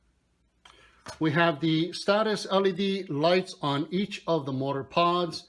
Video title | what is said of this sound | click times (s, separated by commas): New!! Holystone HS 700E 4K EIS Drone Review and Test | simply slide it in and it'll lock into place | 0.7 s